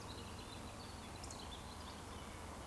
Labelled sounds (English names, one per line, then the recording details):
Eurasian Woodcock whistle
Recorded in Baden-Württemberg, Germany, on 23 June 2020 at 19:56 UTC
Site 14569, 102 m above sea level